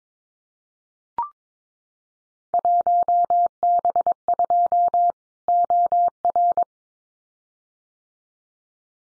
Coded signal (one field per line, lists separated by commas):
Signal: Morse code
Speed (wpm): 22 wpm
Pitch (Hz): 700 Hz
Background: none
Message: 1B2 OR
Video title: Field Day Exchange 22wpm